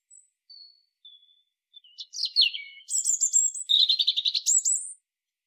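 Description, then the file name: European robin song starting with quiet thin separate whistles, building into a long, rapid, high-pitched cascade of trills and twittering. "Erithacus rubecula"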